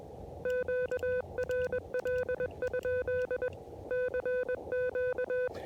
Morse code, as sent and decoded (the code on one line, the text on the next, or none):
--.- .-. .-.. ..--.. / -.-. --.-
QRL? CQ